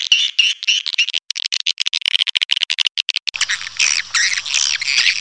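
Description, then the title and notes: Swiftlet calls: quick trains of sharp clicks and chirps, then denser warbling twitters in the second half over a faint low hum. Swiftlet calls used as a lure sound in swiftlet bird farming, Asia. "Swiflet Bird Sound. Farming Swiflet Bird asia sound"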